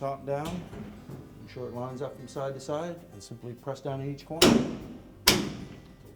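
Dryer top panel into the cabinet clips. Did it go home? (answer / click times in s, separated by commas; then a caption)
yes / 5.3 s. Someone talks while the sheet-metal top panel of a Frigidaire dryer, reinstalled after replacing the upper drum glide, is lowered, lined up side to side and pressed down at each corner into the cabinet clips. A sharp hit sounds near 4.4 s, then one loud, sharp snap at 5.3 s as the panel's clips engage and it seats in place.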